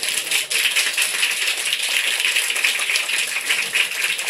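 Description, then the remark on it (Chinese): Sustained audience applause after a lecture on history: a dense, steady crackle of many hands clapping at even loudness for several seconds, with no voices over it. “你掌声 Margaret， 多谢 Margaret。”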